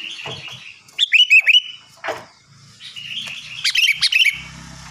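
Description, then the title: Sooty-headed bulbul song: short bubbly whistled phrases, a loud one near the start and another later, with quiet gaps and faint low hum. "Kutilang"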